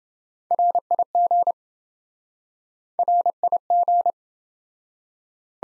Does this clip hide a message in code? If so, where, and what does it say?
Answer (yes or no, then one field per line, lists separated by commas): yes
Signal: Morse code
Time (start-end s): 0.5-4.1 s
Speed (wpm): 27 wpm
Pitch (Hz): 700 Hz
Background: none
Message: RIG RIG